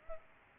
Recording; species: mosquito wingbeat signal from an infrared sensor; Aedes aegypti